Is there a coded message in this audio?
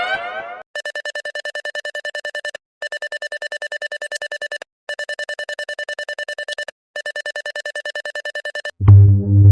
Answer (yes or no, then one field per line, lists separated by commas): no